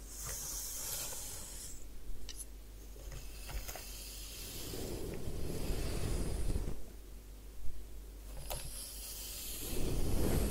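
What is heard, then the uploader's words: Head spa hair wash with a steady hissing spray of water, swelling louder in rumbling surges around five and ten seconds, with occasional small clicks. Head Spa Hair Wash, Massage, Ear Cleaning.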